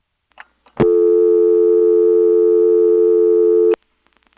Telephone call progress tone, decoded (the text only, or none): dial tone